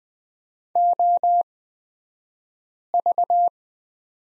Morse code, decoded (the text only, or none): OV